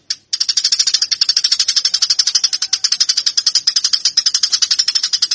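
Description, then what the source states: Eurasian tree sparrow fighting chatter: a nearly continuous, fast stream of sharp, scratchy chirps after a short opening note. Fighting (tarung) sounds of the tree sparrow (burung gereja).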